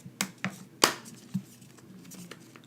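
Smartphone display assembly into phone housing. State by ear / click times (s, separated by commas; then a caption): seated / 0.2 s, 0.4 s, 0.8 s. An iPhone 6 display assembly, with its top hooked in, is pressed down on each side so its plastic clips snap into the aluminium housing after the screws are back in. Sharp clicks are heard at 0.2 s, 0.4 s and 0.8 s, the last one the loudest, followed by a few faint ticks and handling sounds. The display is seated in the frame.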